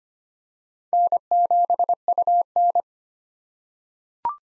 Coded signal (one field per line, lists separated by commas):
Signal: Morse code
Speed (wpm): 25 wpm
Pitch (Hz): 700 Hz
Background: none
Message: N7UN